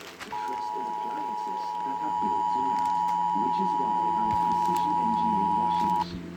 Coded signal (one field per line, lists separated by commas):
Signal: Emergency Alert System (SAME) tones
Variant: 853 and 960 Hz attention tone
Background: speech